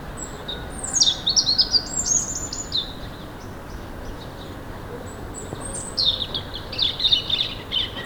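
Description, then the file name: European robin song: two bursts of high, thin warbled phrases with quick slides and trills, separated by a pause of about three seconds, over steady low background hiss. "Erithacus rubecula"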